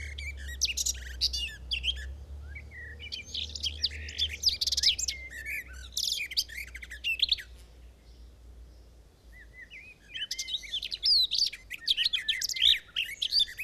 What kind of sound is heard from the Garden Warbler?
song